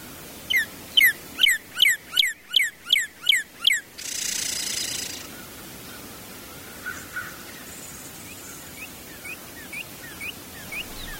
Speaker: One component of a cardinal's song that often goes overlooked, but if you listen carefully, you can actually hear, is a chirr or purring that occurs at the end of the song.